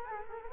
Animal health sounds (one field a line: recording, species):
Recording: mosquito wingbeat signal from an infrared sensor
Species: Culex quinquefasciatus